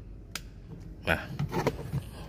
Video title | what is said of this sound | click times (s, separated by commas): TIPS CARA MENGHILANGKAN LAMBANG KUNCI PADA INSTRUMEN PANEL DI ALL NEW RUSH !!! | sudah bunyi klik, pastikan kencang juga semuanya ya. | 0.4 s